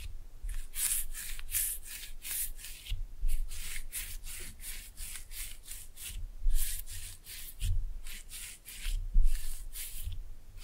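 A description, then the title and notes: Slime is pressed and mixed in a steady rhythm of short, bright squishing strokes, roughly two per second, with brief pauses between runs. Soft low thuds land now and then underneath, and no voice is heard. Slime No Talking (Pressing and Mixing).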